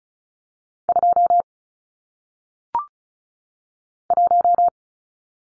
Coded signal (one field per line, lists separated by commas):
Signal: Morse code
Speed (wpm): 36 wpm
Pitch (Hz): 700 Hz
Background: none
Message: 2 1